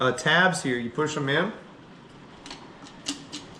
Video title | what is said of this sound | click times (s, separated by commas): Heeyoo Pooper Scooper Review - Best Rake & Tray for Homestead Cleanup | Oh, that one didn't click, but you get it. | none